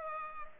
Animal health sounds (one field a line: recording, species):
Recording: mosquito wingbeat signal from an infrared sensor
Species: Culex pipiens